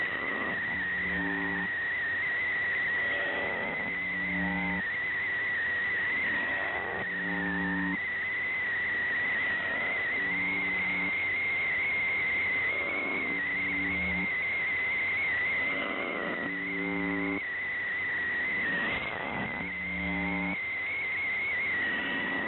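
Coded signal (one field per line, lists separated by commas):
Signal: channel marker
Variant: UVB-76 (The Buzzer)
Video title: увб 76 какой-то свист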